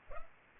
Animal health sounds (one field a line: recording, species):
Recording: mosquito wingbeat signal from an infrared sensor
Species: Culex pipiens